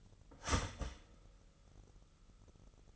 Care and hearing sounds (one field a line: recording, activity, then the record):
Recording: daily activity, microphone in the room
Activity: start toaster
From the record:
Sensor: 4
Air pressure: 989.4 hPa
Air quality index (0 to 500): 216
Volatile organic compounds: 67 ppm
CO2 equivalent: 3494 ppm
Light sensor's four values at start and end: 23/81/30/32 and 23/82/30/32